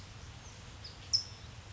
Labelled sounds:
California Towhee
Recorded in Sonoma County, California

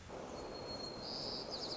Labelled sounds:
White-crowned Sparrow
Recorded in Sonoma County, California

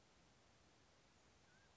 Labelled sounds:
Mountain Quail
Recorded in Sonoma County, California

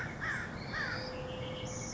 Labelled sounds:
American Crow
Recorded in Sonoma County, California

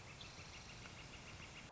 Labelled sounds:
Northern Flicker
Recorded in Sonoma County, California

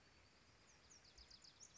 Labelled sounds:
Bewick's Wren
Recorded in Sonoma County, California

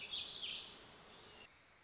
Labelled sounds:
Warbling Vireo
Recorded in Sonoma County, California

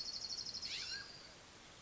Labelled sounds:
Mountain Quail
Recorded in Sonoma County, California

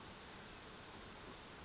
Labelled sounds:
Western Flycatcher
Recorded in Sonoma County, California

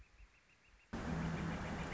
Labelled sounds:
Northern Flicker
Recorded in Sonoma County, California

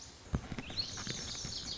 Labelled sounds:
Lazuli Bunting
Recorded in Sonoma County, California

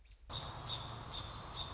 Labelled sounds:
American Robin
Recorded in Sonoma County, California

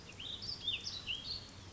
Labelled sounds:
Warbling Vireo
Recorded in Sonoma County, California

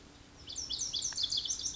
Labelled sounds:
Lazuli Bunting
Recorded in Sonoma County, California

